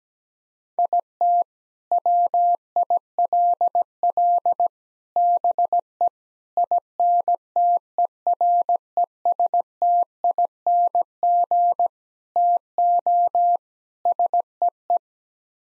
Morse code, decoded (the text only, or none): IT WILL BE INTERESTING TO SEE